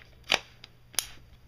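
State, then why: Seated. A plastic magazine (a "clip") is pressed into the magazine well of an Echo 1 M28 airsoft sniper rifle; these magazines sometimes have a hard time locking and need a firm press at the front. Sharp plastic clicks come at 0.3 s and 1.0 s, with a faint tick between them, as the magazine locks into place and is seated.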